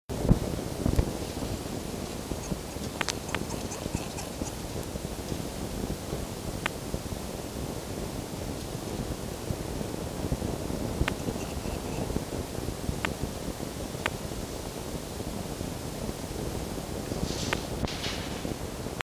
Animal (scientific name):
Vulpes vulpes